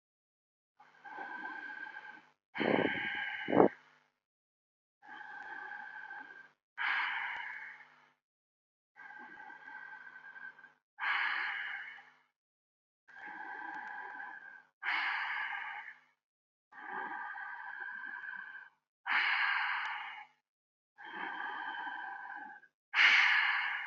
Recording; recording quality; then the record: deep breathing; excellent, no background noise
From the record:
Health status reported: healthy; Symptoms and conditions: none ticked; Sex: male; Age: 36 years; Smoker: not ticked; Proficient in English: yes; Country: India